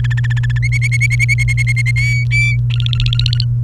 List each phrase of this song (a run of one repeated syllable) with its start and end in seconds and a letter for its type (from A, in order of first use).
0.04-0.58 A, 0.63-1.91 B, 1.96-2.57 C, 2.70-3.45 D